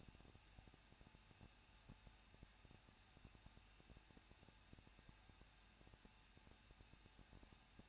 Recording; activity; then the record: daily activity, microphone in the room; no activity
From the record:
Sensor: 2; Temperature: 21.0 degrees Celsius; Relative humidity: 37.4%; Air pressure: 1006.2 hPa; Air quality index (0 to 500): 222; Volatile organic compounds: 24 ppm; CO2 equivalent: 2811 ppm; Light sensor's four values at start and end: 2/3/2/2 and 2/3/2/2